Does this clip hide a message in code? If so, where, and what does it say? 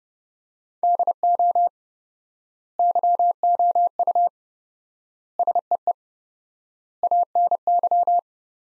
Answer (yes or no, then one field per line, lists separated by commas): yes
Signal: Morse code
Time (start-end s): 0.8-8.2 s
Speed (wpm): 30 wpm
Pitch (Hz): 700 Hz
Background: none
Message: DO YOU SEE ANY